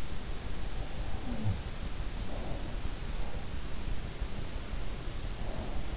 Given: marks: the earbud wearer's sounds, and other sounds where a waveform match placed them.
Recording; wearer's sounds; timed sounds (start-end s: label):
sounds in sleep by an in-ear microphone; breath
1.25-1.61 s: breath
5.00-5.97 s: breath